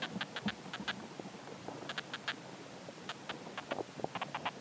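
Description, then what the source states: Garden ant sounds: short clusters of crisp ticking pulses in uneven bursts separated by brief pauses, over a faint background hiss. Garden ants communicating in soil.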